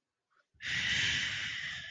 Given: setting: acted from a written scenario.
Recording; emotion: vocal sound without words; anger